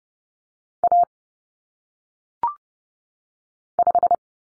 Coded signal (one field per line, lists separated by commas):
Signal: Morse code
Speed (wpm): 30 wpm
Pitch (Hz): 700 Hz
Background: none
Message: A 5